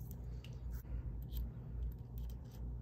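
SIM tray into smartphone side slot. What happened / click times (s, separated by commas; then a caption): The SIM card was set in its tray, no seating click / none. A nano SIM card is placed into the pulled-out SIM tray of an unlocked Midnight Green 512GB iPhone 11 Pro Max and lined up before the tray goes back into the side slot. Faint small ticks and scrapes of handling come at about 0.1, 0.4, 1.4 and 2.2 seconds over a low steady hum. Nothing has seated or clicked yet.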